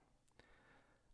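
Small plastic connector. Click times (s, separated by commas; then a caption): 0.4 s. A plastic latched cable connector on an exercise bike, lined up by its latch and tab, is pushed into its mating connector. A single short, sharp click is heard at 0.4 s against a quiet background. The latch engages and the connector is seated.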